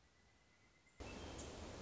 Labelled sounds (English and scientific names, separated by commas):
Pileated Woodpecker (Dryocopus pileatus)